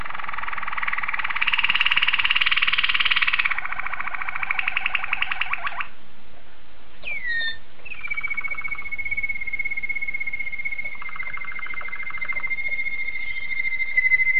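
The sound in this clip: Domestic canary singing a long rapid rolling trill, then curling whistled slides and a sustained clear whistle held for several seconds, with faint trill fragments beneath.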